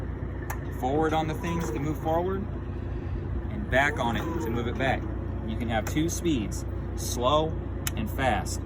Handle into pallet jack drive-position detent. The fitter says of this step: when you hear a click